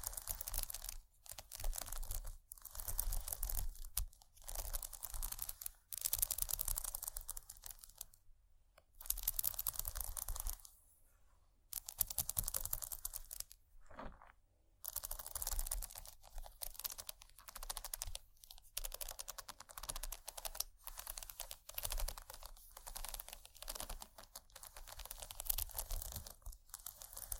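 Bumpy textured items scratch against each other in dense bursts of rough, gritty rasping, each lasting a second or two with brief silences between. A low rumble runs underneath. Longer quiet gaps fall around 8, 11 and 14 seconds before the scratching resumes.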